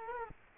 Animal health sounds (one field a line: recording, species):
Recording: mosquito wingbeat signal from an infrared sensor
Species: Culex quinquefasciatus